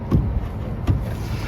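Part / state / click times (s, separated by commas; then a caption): plastic connecting pin nut on a floating dock cube lug / seated / 0.9 s. A plastic connecting pin nut on a floating dock cube lug is tightened further, producing a short click at 0.9 s over steady low background noise. The click is the small triangles clicking up into their lock positions, and the nut is seated.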